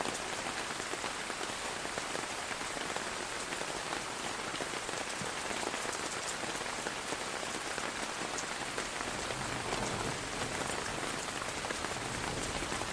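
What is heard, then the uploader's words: Raindrops tap densely and steadily against a windowpane, a bright, even patter of countless quick hits with no pauses. The raindrops tapped against my windowpane, creating a gentle melody that lulled me into a peaceful state.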